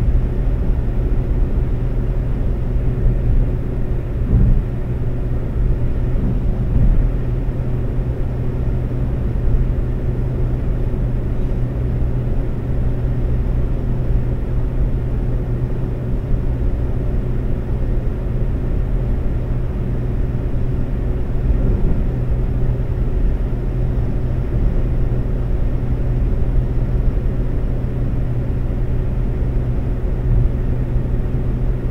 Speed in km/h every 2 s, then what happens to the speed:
132, 132, 132, 132, 132, 132, 132, 132, 132, 132, 132, 132, 132, 132, 132, 132.
0-32 steady at about 132.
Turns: none.